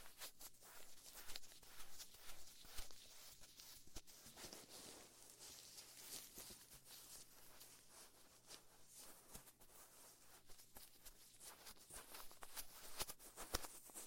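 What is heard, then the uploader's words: Soft brushing and rubbing sounds near the ear, with dense, airy scratching that comes in uneven strokes throughout. Sharper taps and cupping thumps land every second or two, stronger near the start and end, over a faint low steady hum. Immerse yourself in the soothing sounds of gentle ear brushing, careful ear cupping, and soft cotton swab strokes. The gentle, binaural audio experience.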